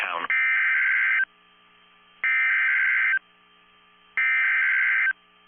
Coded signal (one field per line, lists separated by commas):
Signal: Emergency Alert System (SAME) tones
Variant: header bursts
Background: speech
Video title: NOAA Weather Radio - Snow Squall Warning [EAS #103] (3/28/22)